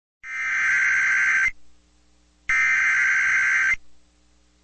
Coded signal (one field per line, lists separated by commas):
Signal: Emergency Alert System (SAME) tones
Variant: header bursts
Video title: Eas Shv Svr on KTXK 91.5fm Eas#1497